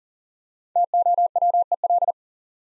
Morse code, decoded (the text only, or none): TOWEL